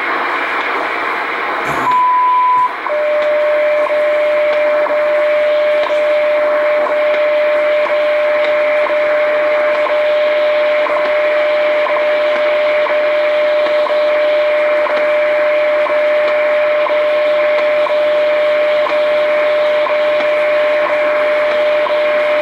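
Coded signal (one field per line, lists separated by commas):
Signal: radio time signal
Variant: WWV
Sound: short high beep, then a steady lower hum with a tick every second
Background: radio static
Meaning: The 1000 Hz tone marks the start of a new minute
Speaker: 25 MHz new frequency for WWV in Colorado 23 hours 63 minutes coordinated universal time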